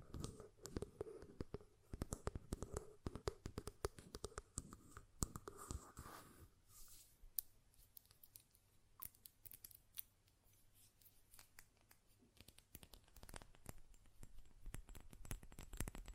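Rapid, dense tapping and clicking on a glass perfume bottle fills the first six seconds, with a faint ringing tone beneath. After that the taps thin out into scattered, sharper clicks and lid sounds, growing busier again toward the end over a low steady hum.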